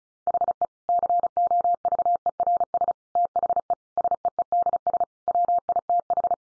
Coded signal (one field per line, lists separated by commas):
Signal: Morse code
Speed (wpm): 34 wpm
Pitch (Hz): 700 Hz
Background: none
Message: HE COVERS THE SEEDS WITH